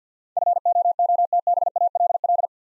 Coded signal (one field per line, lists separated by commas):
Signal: Morse code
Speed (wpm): 52 wpm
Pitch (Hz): 700 Hz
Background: none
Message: FOOTBALL